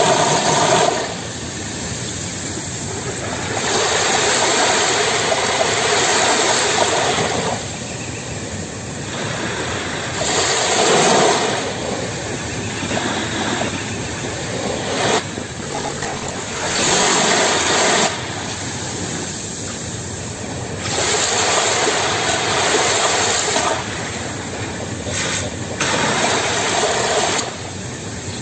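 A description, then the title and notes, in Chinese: A small stream rushes in a steady, dense hiss, swelling brighter in surges every few seconds, with a low rumble underneath throughout. 小河,溪水。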